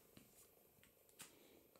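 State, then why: Not seated. A plastic strap attachment is being slid onto the side rail of a handheld game controller. Faint scraping and light plastic taps are heard at about 0.2, 0.8 and 1.1 seconds over a soft background hiss. Nothing has seated or clicked yet.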